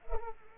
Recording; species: mosquito wingbeat signal from an infrared sensor; Culex pipiens